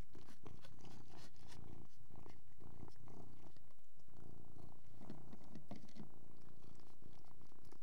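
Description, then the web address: Persian cat's continuous low purr runs throughout, mixed with crisp smacking and crunching of food, a faint steady hum above. Persian cat purring while eating. "BBC Sound Effects Library. Persian Cat Eating And Purring"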